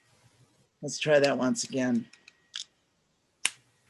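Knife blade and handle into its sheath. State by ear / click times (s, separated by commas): seated / 3.5 s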